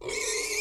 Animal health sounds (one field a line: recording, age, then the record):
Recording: pig call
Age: weaner (32 to 43 days)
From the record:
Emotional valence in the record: negative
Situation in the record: short isolation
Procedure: open field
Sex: female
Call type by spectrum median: high-frequency call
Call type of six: high-frequency stable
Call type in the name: high-frequency stable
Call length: 0.61 s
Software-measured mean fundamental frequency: 503 Hz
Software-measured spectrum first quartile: 1384 Hz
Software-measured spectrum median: 3383 Hz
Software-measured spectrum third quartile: 6424 Hz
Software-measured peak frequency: 432 Hz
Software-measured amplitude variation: 132 dB a second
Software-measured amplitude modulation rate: 26.0 a second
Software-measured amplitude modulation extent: 5.1 dB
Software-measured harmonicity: 2.5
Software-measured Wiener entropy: -2.26